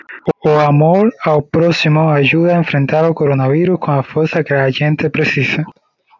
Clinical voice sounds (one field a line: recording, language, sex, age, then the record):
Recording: spoken sentence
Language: Brazilian Portuguese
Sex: male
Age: 20 to 29 years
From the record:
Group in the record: control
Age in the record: 29 years